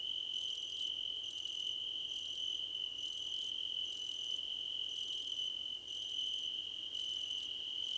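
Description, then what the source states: Crickets chirping: a steady high trill runs throughout, with brighter pulsed bursts repeating roughly once a second. Crickets, described as a choir competition.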